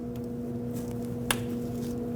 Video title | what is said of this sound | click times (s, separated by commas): How to Replace EVAP Vent Valve 2005-2021 Nissan Frontier | There we go. That's locked. | 1.3 s